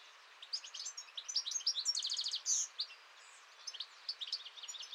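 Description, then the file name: European goldfinch singing a bright, tinkling medley of quick chirps and a short buzzy rattle, then softer scattered twitters. "Chardonneret-élègant"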